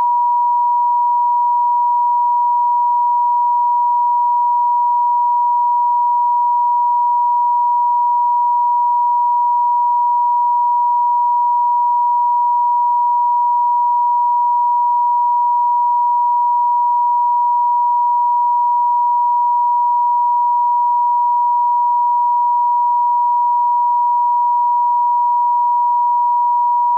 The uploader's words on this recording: 963 HZ POWERFUL PURE TONE Solfeggio Frequency.